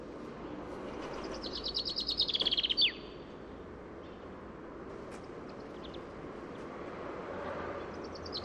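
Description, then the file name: Common chaffinch song phrase, a brisk accelerating trill ending abruptly, followed by several seconds of faint background noise and soft bird notes. "Fringilla coelebs"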